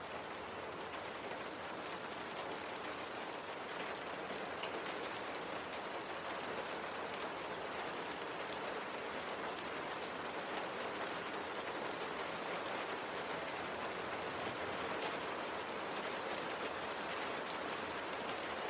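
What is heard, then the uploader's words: Steady, dense rain hisses evenly throughout, bright, with faint pattering drops and no other sounds rising above it. Serene Rain and Light.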